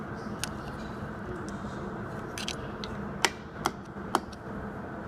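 A steel snap ring is handled at its groove in the clutch housing of a Chrysler 42LE transaxle clutch assembly, and nothing has seated or clicked into place yet. Sharp metallic ticks sound at about 0.4, 2.5, 3.2, 3.7 and 4.2 seconds, the last three loudest, over a steady low background hum.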